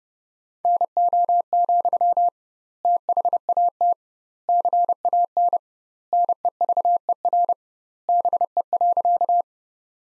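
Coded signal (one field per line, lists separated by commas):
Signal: Morse code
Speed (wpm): 30 wpm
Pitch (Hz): 700 Hz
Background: none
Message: NO, THAT CAN NEVER BE.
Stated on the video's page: Morse code practice: sentences from the top 300 words sent at 30 wpm with twice standard word spacing, a word-level analogue of Farnsworth spacing.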